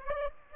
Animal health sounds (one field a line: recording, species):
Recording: mosquito wingbeat signal from an infrared sensor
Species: Aedes aegypti